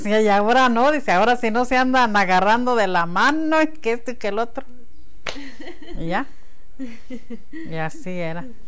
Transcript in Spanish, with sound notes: “Y ahora no”, dice, “ahora si no se andan agarrando de la mano, que esto y que lo otro”. (risas) Y ya. Y así era.